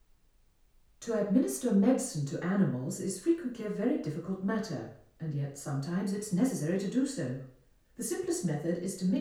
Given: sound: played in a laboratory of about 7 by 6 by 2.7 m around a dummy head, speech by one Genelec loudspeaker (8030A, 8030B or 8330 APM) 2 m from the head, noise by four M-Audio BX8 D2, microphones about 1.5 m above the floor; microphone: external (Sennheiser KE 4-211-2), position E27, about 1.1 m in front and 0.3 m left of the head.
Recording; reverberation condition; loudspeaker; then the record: female speech in English; medium; behind (180 degrees)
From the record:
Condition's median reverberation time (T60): about 510 ms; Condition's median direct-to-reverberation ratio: about -0.5 dB